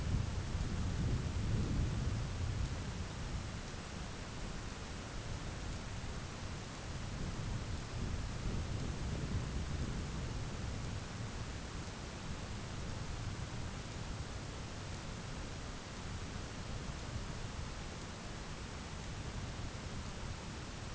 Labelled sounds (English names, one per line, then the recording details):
none
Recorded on Arctic tundra, site ZACK-1, on 11 June 2019
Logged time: 11:49